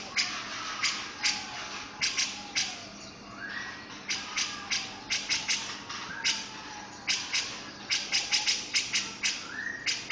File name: cucak jenggot om firly